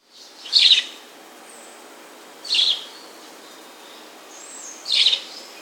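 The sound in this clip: Bird calls: three short, bright chirps around the upper-middle register, spaced about two seconds apart, over a faint steady background hiss.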